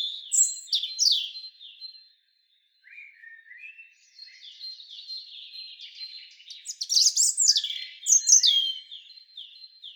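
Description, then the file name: European robin song: bright, piercing high phrases, a short silence, then quieter rippling warbles building into loud, sweet, tumbling notes and sharp descending flourishes. "Erithacus rubecula"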